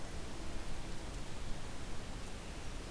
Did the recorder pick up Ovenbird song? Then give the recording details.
no. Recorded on 2 June 2016 at 05:43. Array SBT-3-7